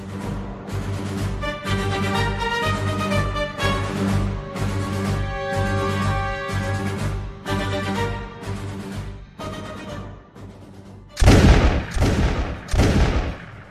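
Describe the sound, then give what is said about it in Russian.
Rhythmic, droning music plays for most of the stretch, then gives way to a few loud, sharp bursts of rifle gunfire volleys from Russian riflemen near the end, cracking out in quick succession. “Звучали выстрелы русских стрелков.”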